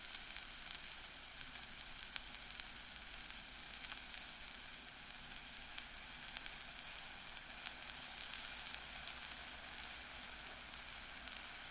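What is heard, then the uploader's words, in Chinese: A burning ear candle gives a steady, bright sizzle, dense with fine crackles and occasional sharper pops, with no other sounds around it. ASMR×KU100。耳燭．耳穴清潔 | Ear Cleaning | NO Talking。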